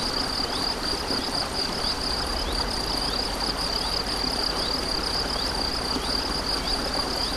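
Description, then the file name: Crickets give a high, even trill throughout with rhythmic pulses, and a babbling stream runs underneath. Crickets beside a stream, 7 May 2014, recorded on an MZ-N710 recorder. "Ruisseau et grillons 7 05 14"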